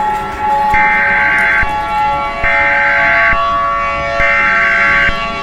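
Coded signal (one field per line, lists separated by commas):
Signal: Emergency Alert System (SAME) tones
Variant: header bursts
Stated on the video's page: Fictional EAS scenario in an animated zombie werewolf story.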